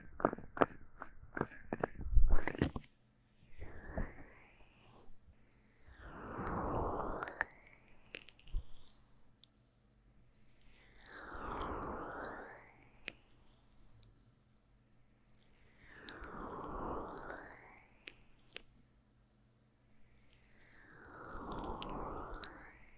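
Sticky aloe gel is worked over a microphone ear in a massage, with rapid wet taps and squishes in the first few seconds. After that come slow, swelling rubs about every five seconds, each a soft, wet smear rising and fading, with quiet pauses between.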